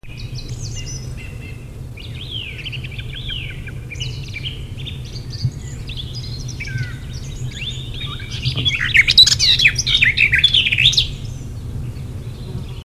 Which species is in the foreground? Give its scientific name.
Sylvia borin